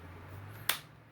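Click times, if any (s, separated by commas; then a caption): 0.7 s. A thin pry tool lifts the plastic front bezel off the metal back frame of an HP Stream 11 laptop screen during an LCD replacement. Over a low steady hum, a plastic retaining clip releases with a single sharp click at 0.7 s, then the sound fades. The clip has popped open, and hearing that click means the step is good.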